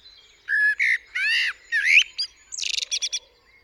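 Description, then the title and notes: Common blackbird singing rich, warbled whistled notes, then a high, rapid, chattering flourish of thin squeaky notes at the close. Singing on the roof of the recordist's studio, UK, 8 April 2020 around 7am, during Covid-19 lockdown; recorded with parabolic dish, MKH50 and MKH30 microphones in M/S, Sonosax R4+ recorder. "Blackbird On A Still Morning. I would like to share this recording I made this morning on the 8th April 2020 around 7am. A Blackbird singing on the roof of my studio"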